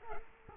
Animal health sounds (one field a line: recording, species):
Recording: mosquito wingbeat signal from an infrared sensor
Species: Culex quinquefasciatus